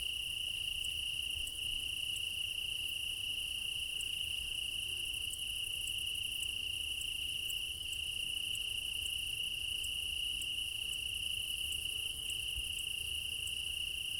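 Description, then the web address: Crickets singing in a steady high continuous trill, with regular ticking pulses higher up; constant insect chorus throughout. Meadow at night in Crimea in summer; crickets; quad ambience recording with ORTF microphone pair, front pair offset by 3 m. "Quad ambience of Crimea in summer 20 meadow night ambience, crickets, ortf offset by 3 m, front - ORTF. Alexander Kopeikin"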